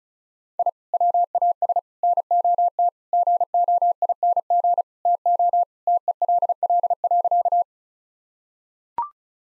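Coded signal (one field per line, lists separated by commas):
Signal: Morse code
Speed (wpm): 36 wpm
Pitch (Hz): 700 Hz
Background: none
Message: I WAS NOT GOING TO TELL.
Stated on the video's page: Morse practice of sentences with common five-word phrases at 35wpm, each sentence sent before and after being spoken.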